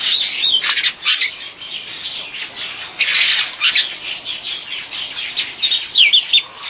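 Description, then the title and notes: Bird chatter with dense, overlapping chips and squeaky notes that come almost without a break, plus a few quick whistled phrases near the end. "Bird Sound. Kicau Burung Lengkap"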